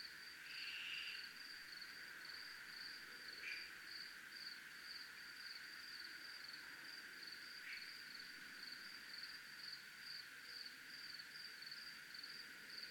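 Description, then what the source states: A single high cricket trill runs evenly throughout, finely pulsed, with a few brief buzzy notes scattered through it. Recorded at a zona militar (military zone).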